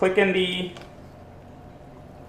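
A component of a Topeak Turbo Morph floor bike pump with gauge is being handled during reassembly, to be locked onto the pump body; the part is plastic or metal. Someone talks briefly at the start, then only quiet background remains. Nothing has seated or clicked yet.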